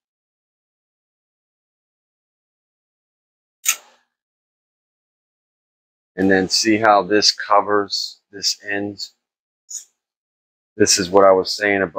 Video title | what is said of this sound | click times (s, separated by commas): 140.00 MINING MOTHERBOARD FULL BEGINNER MINING RIG BUILD 2022 | should kind of make a clicking noise | 3.7 s